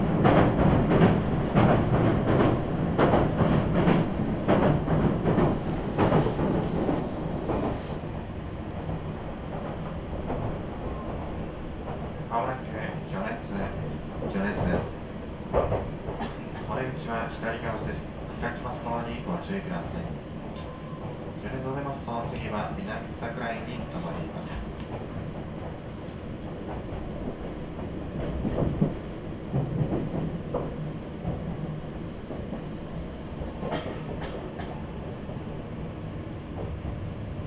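A Meitetsu Nishio Line train rides along, with a steady low rumble and rhythmic wheel clatter. The first seven seconds are louder and busier, then the sound settles into a quieter, even drone. Faint voices and brief tonal sounds come through midway, with a bump near 29 seconds.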